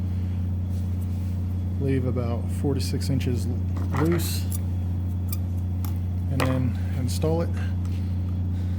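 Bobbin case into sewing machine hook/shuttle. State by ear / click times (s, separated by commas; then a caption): not seated / none. A wound metal bobbin case is handled for installation into the shuttle of an industrial sewing machine while someone talks over a steady low hum, with a few brief sharp ticks near 5.3 s and 5.9 s. The clip ends before the case goes home, so nothing has seated or clicked yet.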